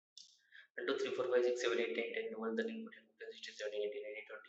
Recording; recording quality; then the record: counting at a fast pace; excellent, no background noise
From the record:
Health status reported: healthy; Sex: male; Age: 25 years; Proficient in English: no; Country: India